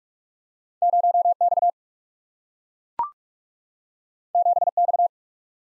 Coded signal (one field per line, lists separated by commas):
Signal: Morse code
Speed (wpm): 44 wpm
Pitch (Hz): 700 Hz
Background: none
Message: 0X 7X